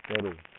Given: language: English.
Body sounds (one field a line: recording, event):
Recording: throat vibration sensor signal played as sound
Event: speech